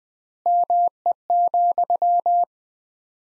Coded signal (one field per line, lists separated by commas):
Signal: Morse code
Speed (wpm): 21 wpm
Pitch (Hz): 700 Hz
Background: none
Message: ME,